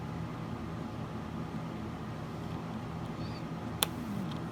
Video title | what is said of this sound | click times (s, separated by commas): Building the Tamiya 1/35 Matilda infantry tank plastic model | That just snaps right in there. | 3.8 s